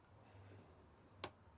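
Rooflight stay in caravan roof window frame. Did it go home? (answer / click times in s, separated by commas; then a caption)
yes / 1.2 s. In a 2025 Elddis Avante 840 caravan, the sky-view rooflight is pushed up until its opening stay catches in a detent in the roof window frame. Against a low steady hum, a single sharp click sounds at 1.2 s as the rooflight stay seats in position.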